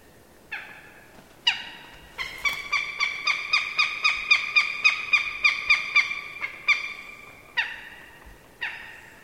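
Bird call, rich nasal notes with strong overtones: two spaced single notes, then a rapid run of many, slowing into widely spaced notes again.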